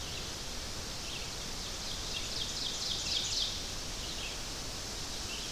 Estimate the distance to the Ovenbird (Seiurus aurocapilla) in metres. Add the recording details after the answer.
about 50 m. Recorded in boreal forest in Alberta, Canada, on 12 June 2016 at 05:44. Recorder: SongMeter 3, array SBT-3-18. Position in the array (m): 210 m, 84 m. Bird 31